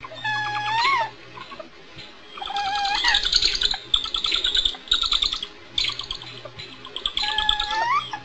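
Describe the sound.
Barred owl calls: hoarse, harmonic notes with upslurred endings at the start and near the end, with busy high squeaky chattering in the middle.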